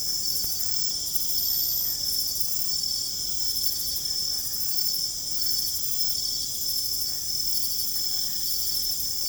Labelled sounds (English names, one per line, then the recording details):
none
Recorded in secondary vegetation near Puerto Asís, Putumayo, Colombia, on 21 December 2024 at 21:00
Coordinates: 0.468, -76.324
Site G095